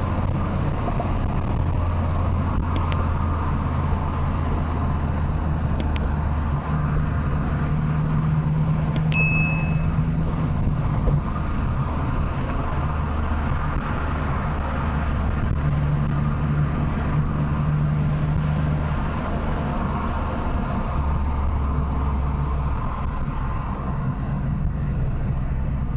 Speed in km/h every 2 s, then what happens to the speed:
97, 94, 89, 86, 89, 90, 87, 86, 86, 86, 79, 72, 70.
0-5 slows to 86. 5-18 steady at about 86. 18-26 slows to 70.